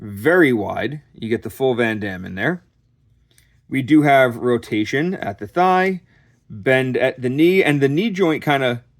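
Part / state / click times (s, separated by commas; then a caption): knee joint of an action figure leg / not seated / none. Someone talks while handling the leg of a plastic Transformers action figure, bending it at the knee. Two faint ticks come at about 3.3 and 3.4 seconds during a pause in the talking. The knee joint has not yet clicked into its locked position by the end.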